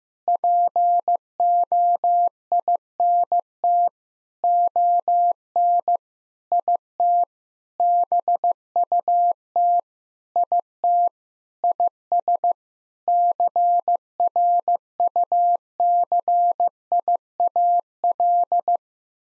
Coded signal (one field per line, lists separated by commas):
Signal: Morse code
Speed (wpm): 15 wpm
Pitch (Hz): 700 Hz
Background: none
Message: POINT ON IT BUT IT IS CRUCIAL